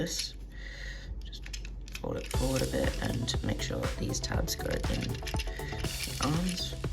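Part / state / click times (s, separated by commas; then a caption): plastic tabs going into the arms of a transforming action figure / not seated / none. Someone talks while handling a plastic Transformers action figure mid-transformation, folding a part forward and working its plastic tabs toward the arms, with music and short plastic taps and rattles throughout. The clip ends before the tabs go home, so nothing has seated or clicked yet.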